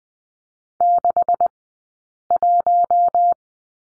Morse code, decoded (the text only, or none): 61